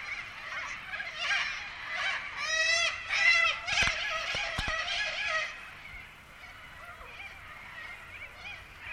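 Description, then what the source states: Corellas calling as a flock, harsh nasal screeches overlapping in a dense burst for several seconds, then fading to a softer background chatter. Several corellas recorded in the Pilbara, Australia.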